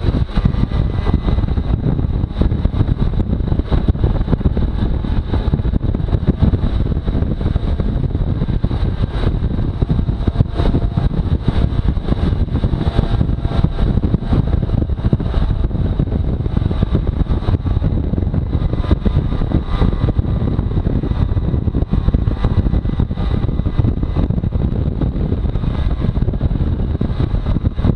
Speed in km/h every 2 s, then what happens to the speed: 46, 47, 49, 52, 52, 50, 46, 45, 43, 42, 43, 45, 45, 46.
0-6 speeds up to 52. 6-17 slows to 42. 17-28 steady at about 45.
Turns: none.